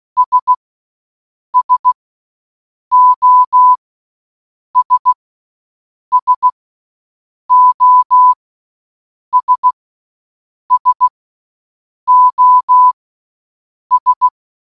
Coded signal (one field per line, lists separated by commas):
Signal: Morse code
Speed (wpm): 16 wpm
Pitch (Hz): 1000 Hz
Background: none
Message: S SOS SOS SOS